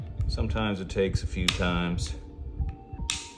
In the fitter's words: but you get it see just popped into place